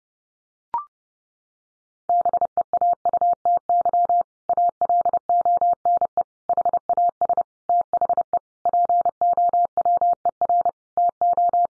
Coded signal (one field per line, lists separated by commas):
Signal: Morse code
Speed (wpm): 30 wpm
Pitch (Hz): 700 Hz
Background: none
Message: BEAUTY ALONE HAS THE POWER TO